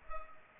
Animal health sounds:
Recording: mosquito wingbeat signal from an infrared sensor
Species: Culex pipiens

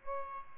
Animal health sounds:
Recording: mosquito wingbeat signal from an infrared sensor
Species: Aedes albopictus

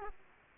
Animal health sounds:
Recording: mosquito wingbeat signal from an infrared sensor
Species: Aedes aegypti

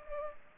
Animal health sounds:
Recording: mosquito wingbeat signal from an infrared sensor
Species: Culex pipiens

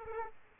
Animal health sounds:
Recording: mosquito wingbeat signal from an infrared sensor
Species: Aedes aegypti

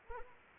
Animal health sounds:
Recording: mosquito wingbeat signal from an infrared sensor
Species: Anopheles arabiensis

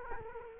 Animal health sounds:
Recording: mosquito wingbeat signal from an infrared sensor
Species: Culex quinquefasciatus

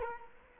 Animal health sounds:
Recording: mosquito wingbeat signal from an infrared sensor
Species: Culex quinquefasciatus

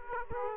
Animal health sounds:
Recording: mosquito wingbeat signal from an infrared sensor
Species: Aedes aegypti

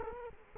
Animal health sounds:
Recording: mosquito wingbeat signal from an infrared sensor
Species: Culex quinquefasciatus

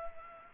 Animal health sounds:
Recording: mosquito wingbeat signal from an infrared sensor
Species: Culex pipiens

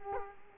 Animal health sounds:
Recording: mosquito wingbeat signal from an infrared sensor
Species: Culex quinquefasciatus

